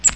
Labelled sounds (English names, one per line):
Cape May Warbler flight call